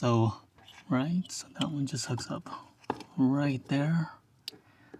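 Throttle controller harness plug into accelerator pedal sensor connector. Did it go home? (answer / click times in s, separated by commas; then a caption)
yes / 4.5 s. Someone talks while the plastic wiring connector of a Pedal Commander throttle controller harness is pushed onto the factory accelerator pedal sensor connector of a GX460. A single sharp click sounds at 4.5 s as the connector snaps in and seats.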